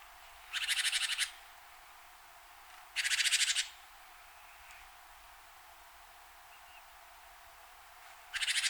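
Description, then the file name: Great tit churring call, three harsh rattling bursts of rapid buzzy pulses, each under a second long, spaced several seconds apart over quiet background. "Parus major"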